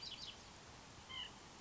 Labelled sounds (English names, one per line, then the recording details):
White-breasted Nuthatch
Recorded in Sonoma County, California